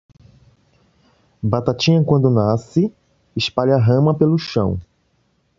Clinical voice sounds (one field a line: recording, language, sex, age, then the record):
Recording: short text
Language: Brazilian Portuguese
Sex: male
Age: 40 to 49 years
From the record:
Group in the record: control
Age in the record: 43 years